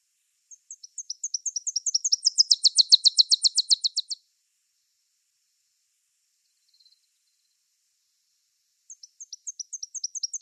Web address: Schulze Peter Tennessee Warbler song